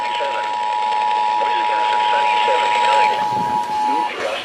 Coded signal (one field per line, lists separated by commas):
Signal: Emergency Alert System (SAME) tones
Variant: 853 and 960 Hz attention tone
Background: speech